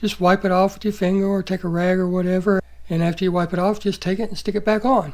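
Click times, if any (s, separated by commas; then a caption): none. Someone talks while handling a plastic shift cable end and the ball head stud of a fourth-gen Camaro shifter, with the stud wiped clean before the cable end goes back on. Only speech is heard, with no snaps or clicks. Nothing has seated or clicked yet.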